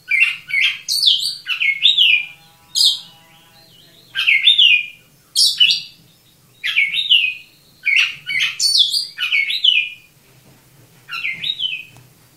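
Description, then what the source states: Oriental magpie-robin song made of short, sharp whistled phrases, many sweeping downward, delivered in a quick irregular series with brief gaps. Described as 'gacor', singing vigorously.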